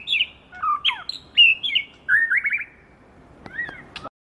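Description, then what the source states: Bird song of bright whistled phrases, with downward slurs and a fast trilled series of rising notes, then a few thin sharp notes after a brief pause. Song played to train songbirds.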